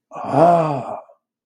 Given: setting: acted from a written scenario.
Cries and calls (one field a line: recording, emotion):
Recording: vocal sound without words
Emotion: awe